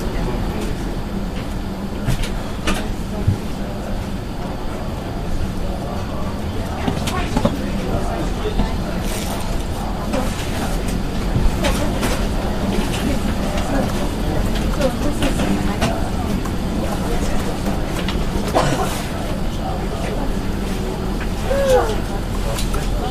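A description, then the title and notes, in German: A train rolls along with a steady low rumble and hum, scattered clicks and rattles, and faint murmuring voices throughout. Nächtliche Zugreise. Der sanfte Rhythmus der Schienen und das beruhigende Surren des Zuges.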